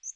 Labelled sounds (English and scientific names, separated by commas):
Northern Waterthrush (Parkesia noveboracensis) flight call